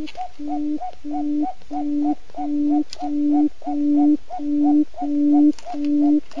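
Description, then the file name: Owl hooting: evenly spaced low, level, hollow notes repeated about every 0.7 seconds against a constant background hiss with a few faint clicks. "tieng cut rung keu"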